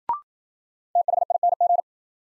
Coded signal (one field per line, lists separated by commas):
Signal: Morse code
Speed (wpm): 53 wpm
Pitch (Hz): 700 Hz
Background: none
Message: THING